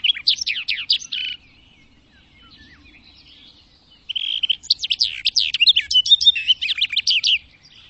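Bird singing two bursts of rapid high warbling, sharp chirps and downslurred notes, a short burst first, then a quiet gap, then a longer, busier phrase.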